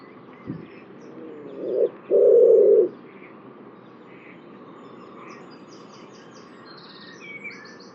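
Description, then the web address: Bird coos once: a brief lead-in note, then a sustained low hollow tone. Faint high chirps sound later. "cianscape birddata Deverinetal 2025 Bird Only"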